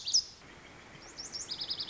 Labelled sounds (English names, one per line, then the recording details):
Lazuli Bunting
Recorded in Sonoma County, California